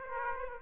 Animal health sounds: mosquito wingbeat signal from an infrared sensor; Aedes aegypti

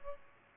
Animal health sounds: mosquito wingbeat signal from an infrared sensor; Aedes albopictus

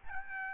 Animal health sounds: mosquito wingbeat signal from an infrared sensor; Aedes albopictus

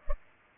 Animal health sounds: mosquito wingbeat signal from an infrared sensor; Culex pipiens

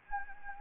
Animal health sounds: mosquito wingbeat signal from an infrared sensor; Anopheles gambiae

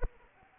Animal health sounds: mosquito wingbeat signal from an infrared sensor; Anopheles arabiensis

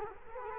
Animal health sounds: mosquito wingbeat signal from an infrared sensor; Culex quinquefasciatus

